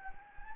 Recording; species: mosquito wingbeat signal from an infrared sensor; Anopheles gambiae